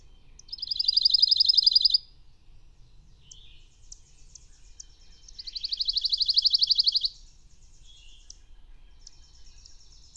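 Bird song: two long high rapid trills, each about one and a half seconds, separated by scattered thin high notes, with quiet background.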